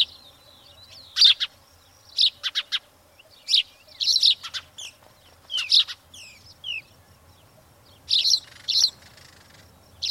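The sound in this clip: Spanish sparrow chirps, scattered harsh notes in pairs and short bursts, with a few thin downslurred notes between them.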